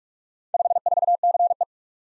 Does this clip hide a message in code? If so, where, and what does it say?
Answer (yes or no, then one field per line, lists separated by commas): yes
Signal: Morse code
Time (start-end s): 0.5-1.6 s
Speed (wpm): 44 wpm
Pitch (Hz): 700 Hz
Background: none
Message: 54CE